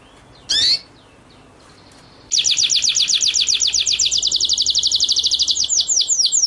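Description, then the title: White-rumped shama song: one sharp chip, then a fast, high, even trill of repeated notes running for about four seconds and slowing slightly near the end. Masteran (training) track of white-rumped shama song, delivered in full 'ngerol' (rolling) and 'nembak' (shooting) style. "Masteran Murai Batu Full Ngerol Nembak"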